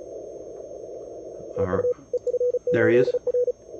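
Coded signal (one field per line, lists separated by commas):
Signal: Morse code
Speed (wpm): 35 wpm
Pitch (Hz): 490 Hz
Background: speech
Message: EU EF8R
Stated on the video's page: Live Morse contest operating, search and pounce, in the 2019 CQ World Wide CW DX contest from a single-operator, single-radio station.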